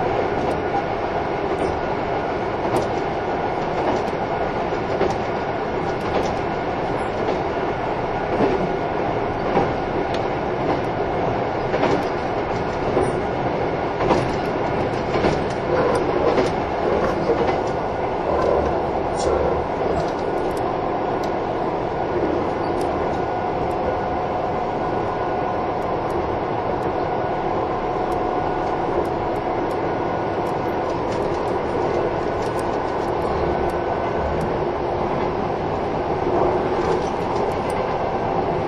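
A train running, a steady dense rumble and roar that holds level for the whole stretch. Faint tonal hums sit inside the noise, and frequent brief clicks and rattles from the wheels come through, busiest in the first twenty seconds.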